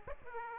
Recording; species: mosquito wingbeat signal from an infrared sensor; Aedes aegypti